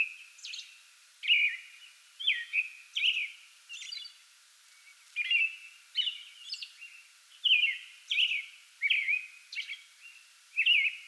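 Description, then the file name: American robin song, a steady string of caroling whistled phrases with higher thin squeaks. Singing before dawn from a small tree in a front yard, 8 May 2022. "2022-05-08 American Robin pre-dawn singing from small tree in front yard"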